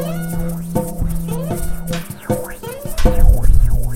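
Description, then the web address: Goats bleating: several overlapping nasal, wavering bleats, one sustained and low, others breaking in with rising and falling tones. "goats"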